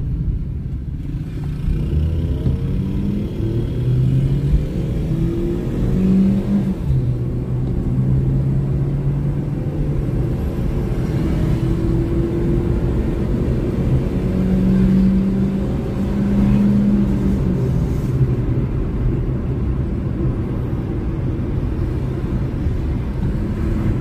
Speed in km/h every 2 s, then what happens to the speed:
24, 42, 58, 65, 77, 86, 94, 100, 89, 79, 75, 79.
0-15 speeds up to 100. 15-20 brakes to 75.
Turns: none.